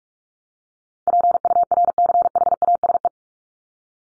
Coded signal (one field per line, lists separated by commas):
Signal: Morse code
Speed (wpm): 44 wpm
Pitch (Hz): 700 Hz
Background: none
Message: PURCHASE